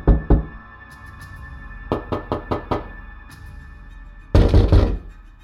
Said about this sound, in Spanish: Durante las tardes siguientes se oyó de nuevo llamar a la puerta, suavemente al principio y después más fuerte, con el puño cerrado.